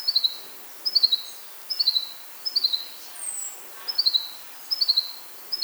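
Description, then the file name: Common chaffinch giving rapid clusters of high, slightly falling ticks, one cluster about every second, with a single thin, higher whistle and background hiss. "Fringilla coelebs"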